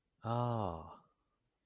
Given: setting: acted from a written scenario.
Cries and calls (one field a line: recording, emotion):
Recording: vocal sound without words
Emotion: realization